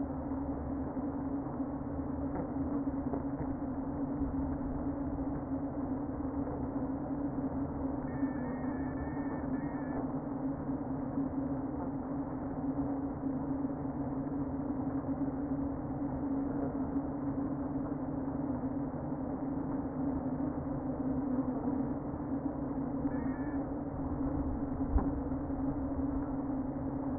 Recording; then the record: honeybee colony, microphone inside the hive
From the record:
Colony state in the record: queen present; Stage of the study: before two queens were removed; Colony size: about 60,000 bees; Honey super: yes